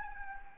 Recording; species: mosquito wingbeat signal from an infrared sensor; Anopheles gambiae